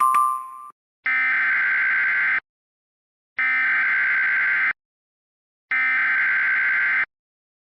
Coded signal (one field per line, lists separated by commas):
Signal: Emergency Alert System (SAME) tones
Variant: header bursts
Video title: EAS Scenario: An EAS Alert for Every NBA Team